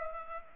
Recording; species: mosquito wingbeat signal from an infrared sensor; Culex pipiens